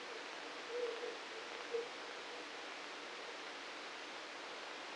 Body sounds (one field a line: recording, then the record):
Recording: brain microelectrode recording played as sound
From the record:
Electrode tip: outside the subthalamic nucleus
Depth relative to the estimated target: -3 mm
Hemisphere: right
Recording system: NeuroSet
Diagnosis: Parkinson's disease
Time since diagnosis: 9 years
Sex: male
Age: 61 years